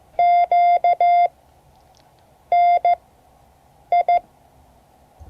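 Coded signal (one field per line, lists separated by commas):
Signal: Morse code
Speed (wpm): 15 wpm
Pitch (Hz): 700 Hz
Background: none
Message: QNI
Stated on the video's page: Morse code class lesson, part 3 of 12.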